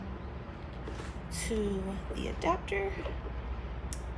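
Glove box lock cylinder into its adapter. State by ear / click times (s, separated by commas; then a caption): seated / 3.9 s. A new glove box lock cylinder for a 2022 Can-Am Ryker is pushed onto its plastic adapter while someone talks. It snaps into place with a short, sharp click at 3.9 s, showing the lock is seated.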